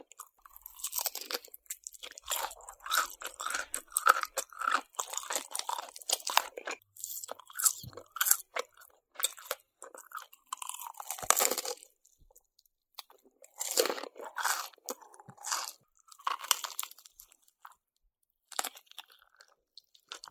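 Someone eats fried chicken, with crisp, bright crunching bites in irregular bursts, brief pauses between.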